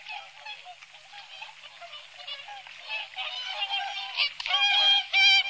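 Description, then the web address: Whooper swans calling as a flock, many overlapping honking, trumpet-like notes that build and grow louder toward the end. Recorded on the Sakhalin and Kuril Islands. "priroda sakhalina i kuril. Cygnus cygnus"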